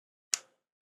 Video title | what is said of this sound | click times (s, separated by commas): Pro Audio Studio PC Building Tutorial #2 Threadripper 3960x TRX40 Designare Start to Finish Computer | there you go click you want to hear | 0.3 s